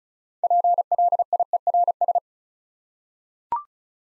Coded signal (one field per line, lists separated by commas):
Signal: Morse code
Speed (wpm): 36 wpm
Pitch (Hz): 700 Hz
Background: none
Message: PLIERS